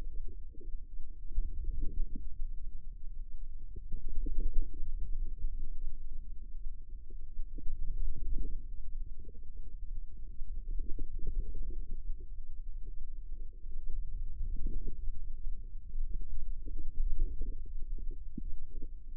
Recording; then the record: forearm muscle sounds (acoustic myography)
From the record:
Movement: ulnar deviation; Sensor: system 2, bracelet of six BSWA MPA416 microphones around the upper forearm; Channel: 2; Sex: female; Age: 25 years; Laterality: right